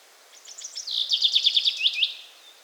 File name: erdei pinty